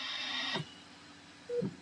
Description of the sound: This is the sound of a ventilator. And for Dr. Rafael Campo, it's been the soundtrack of the pandemic.